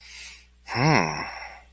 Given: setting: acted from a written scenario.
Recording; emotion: vocal sound without words; pride